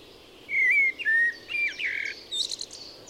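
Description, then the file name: Eurasian blackbird song: low, fluty warbled whistles, then a thin, squeaky high twitter ending the phrase. "Turdus merula"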